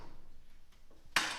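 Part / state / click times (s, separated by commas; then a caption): lock latch of a folding miter saw stand / seated / 1.2 s. After the folded Ridgid portable compound miter saw stand is rolled to a new spot, its lock is hit again to re-engage the metal latch. A loud, sharp hit lands at 1.2 s over a quiet low background. The stand's lock seats.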